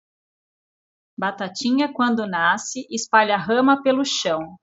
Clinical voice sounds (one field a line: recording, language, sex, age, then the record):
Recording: short text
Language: Brazilian Portuguese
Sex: female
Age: 40 to 49 years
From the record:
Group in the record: control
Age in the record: 44 years